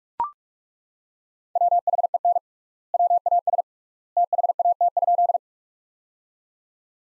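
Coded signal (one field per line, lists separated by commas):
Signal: Morse code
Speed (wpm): 42 wpm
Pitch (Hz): 700 Hz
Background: none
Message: WHEN WAS THAT?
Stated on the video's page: Practice sentences built from the top 100 words, sent at 45 wpm with three times standard word spacing, a word-level analogue of Farnsworth spacing.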